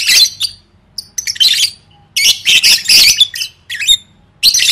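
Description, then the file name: Lovebird squawking: harsh, high screeches in several bursts with short gaps, ending with a final shriek. "tieng vet mau don"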